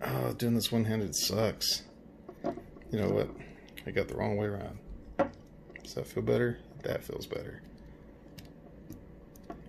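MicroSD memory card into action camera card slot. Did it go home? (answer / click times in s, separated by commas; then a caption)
yes / 8.4 s. Someone talks while inserting a microSD memory card one-handed into the card slot of a GoPro Hero 8 Black action camera, after turning the card the right way round. The card is pushed in until it latches with a small click at 8.4 s, followed by a few faint ticks.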